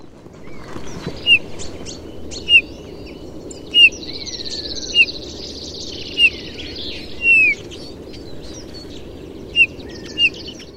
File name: Pyrrhula pyrrhula